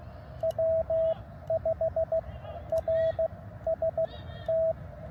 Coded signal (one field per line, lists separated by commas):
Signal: Morse code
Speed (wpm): 15 wpm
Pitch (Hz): 650 Hz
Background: radio noise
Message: W5RST